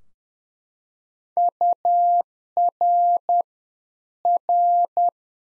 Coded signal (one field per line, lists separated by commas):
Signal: Morse code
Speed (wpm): 10 wpm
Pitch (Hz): 700 Hz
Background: none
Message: UR R